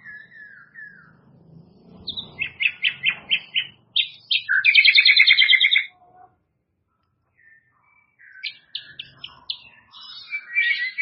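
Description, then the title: White-rumped shama singing a varied song with buzzy trilled phrases and a bright rapid rattle, a pause, then more high twittering notes. "murai batu"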